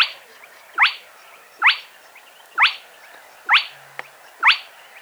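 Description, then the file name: Spotted crake uttering sharp upswept 'whitt' notes at a regular one-second pace; a short click is heard between the calls. Played back. "Plettet roervagtel"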